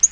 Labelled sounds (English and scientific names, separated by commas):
Yellow-rumped Warbler (Setophaga coronata) flight call